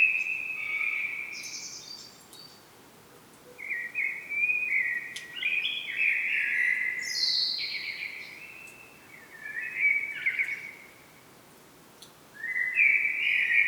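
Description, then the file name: Common blackbird song: several rich, fluting phrases, some ending in thin high twitters, with quiet gaps between. "Turdus merula"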